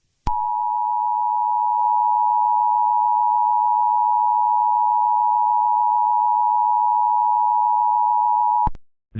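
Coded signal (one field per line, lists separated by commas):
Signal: Emergency Alert System (SAME) tones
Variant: 853 and 960 Hz attention tone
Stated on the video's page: Fictional analog horror EAS scenario, not a real alert.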